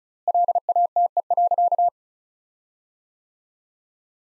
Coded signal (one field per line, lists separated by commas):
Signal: Morse code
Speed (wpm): 34 wpm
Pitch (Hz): 700 Hz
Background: none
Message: LATE.